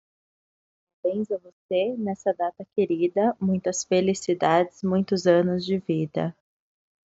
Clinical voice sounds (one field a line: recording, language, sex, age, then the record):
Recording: short text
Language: Brazilian Portuguese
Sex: female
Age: 30 to 39 years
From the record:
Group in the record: control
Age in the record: 33 years